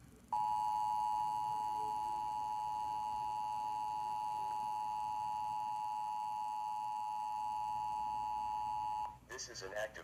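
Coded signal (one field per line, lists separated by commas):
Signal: Emergency Alert System (SAME) tones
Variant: 853 and 960 Hz attention tone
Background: speech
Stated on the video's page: Real Phoenix Amber Alert that failed; the pre-EAS message said "Test".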